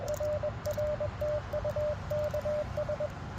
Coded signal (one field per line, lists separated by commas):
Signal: Morse code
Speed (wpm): 20 wpm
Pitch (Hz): 600 Hz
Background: none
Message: RR TU KS